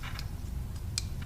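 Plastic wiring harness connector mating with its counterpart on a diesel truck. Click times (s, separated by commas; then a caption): 1.0 s. A plastic wiring harness connector on a diesel truck, whose insert had been upside down and was flipped over, is pushed together with its counterpart until its locking tab catches. Against a low rumble, a few faint ticks are followed by a sharp click at 0.9 s and one more faint tick. The connector is seated.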